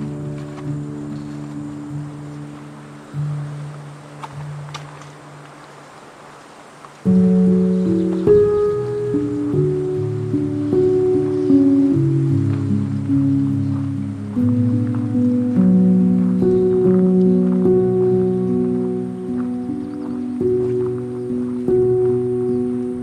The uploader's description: Patagonia Lake State Park in SE Arizona